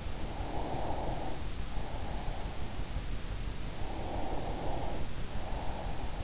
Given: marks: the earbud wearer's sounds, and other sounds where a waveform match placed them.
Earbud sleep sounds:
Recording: sounds in sleep by an in-ear microphone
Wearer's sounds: breath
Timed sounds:
0.18-2.96 s: breath
3.58-6.23 s: breath

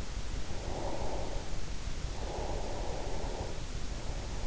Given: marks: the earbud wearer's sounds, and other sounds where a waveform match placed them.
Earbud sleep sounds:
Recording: sounds in sleep by an in-ear microphone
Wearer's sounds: breath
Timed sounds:
1.00-3.79 s: breath

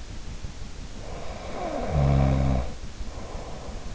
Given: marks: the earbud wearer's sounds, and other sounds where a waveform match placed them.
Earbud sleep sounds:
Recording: sounds in sleep by an in-ear microphone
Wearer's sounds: snoring breath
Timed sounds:
1.09-3.82 s: snoring breath

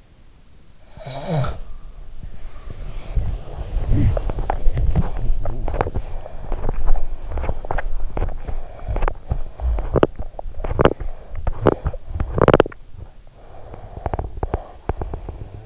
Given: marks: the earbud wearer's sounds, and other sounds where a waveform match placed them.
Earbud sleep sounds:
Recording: sounds in sleep by an in-ear microphone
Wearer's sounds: snoring breath, body movement, teeth grinding, breath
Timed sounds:
0.74-2.06 s: snoring breath
2.06-4.64 s: body movement
4.00-14.92 s: teeth grinding
8.23-9.94 s: breath
10.29-12.00 s: breath
13.43-15.66 s: breath

